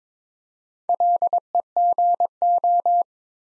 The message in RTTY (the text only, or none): none